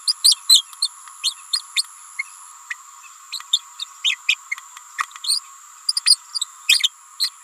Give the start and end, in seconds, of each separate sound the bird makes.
0.07-0.13, 0.24-0.36, 0.49-0.66, 0.82-0.89, 1.23-1.34, 1.52-1.62, 1.75-1.84, 2.18-2.23, 2.70-2.75, 3.32-3.40, 3.53-3.61, 3.79-3.85, 4.04-4.18, 4.28-4.37, 4.51-4.57, 4.98-5.03, 5.24-5.40, 5.88-5.93, 5.96-6.00, 6.06-6.18, 6.68-6.83, 7.20-7.30